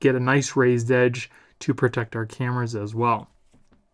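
Someone talks while handling the plastic sliding camera cover on a phone case for an Apple iPhone 16 Pro Max, a cover that pushes over the lenses and locks in place, next to a raised edge that protects the cameras. Only a faint, brief sound comes near 3.7 s after the talking stops. Nothing has been pushed home or locked into place yet.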